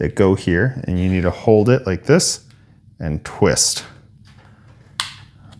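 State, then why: Released. A tiny screwdriver is inserted into a small slot in the plastic key fob shell of a third-generation 2021–2025 Nissan Rogue and twisted during battery replacement, while someone talks. At 5.0 s a sharp snap is heard as the shell halves unclip and the case clicks open.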